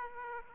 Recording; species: mosquito wingbeat signal from an infrared sensor; Aedes aegypti